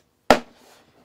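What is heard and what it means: A removable plastic small-parts organizer is lowered into the slot of a Hart Tools Master Loader rolling tool chest, its chamfered edge guiding it down. A single sharp pop at 0.3 s fades quickly into near silence. The organizer seats in the slot.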